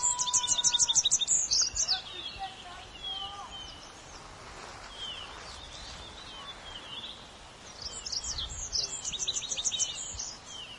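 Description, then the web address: Tree pipit calls: rapid bursts of sharp, high twittering notes at the start and again near the end, with quieter chirps between. "tree pipit bird call"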